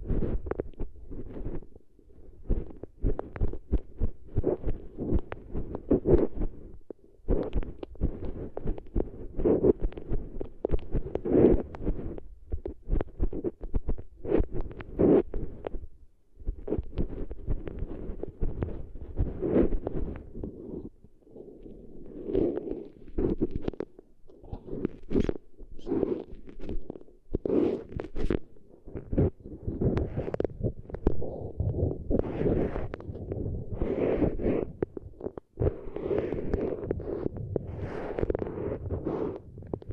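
ASMR eardrum treatment: a dense, muffled thumping rumble runs throughout, peppered with rapid crackles, pops and scratchy taps that flash up into brighter tones. The texture stays busy and irregular, with brief near-silent gaps around 2, 7, 16 and 20 seconds.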